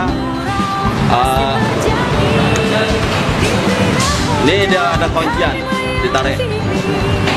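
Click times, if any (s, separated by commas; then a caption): none. Someone pulls back the locking sleeve on the quick coupler of an injector cleaner hose and handles it toward the adapter while someone talks over steady background music. The coupler has not seated or clicked onto the adapter yet.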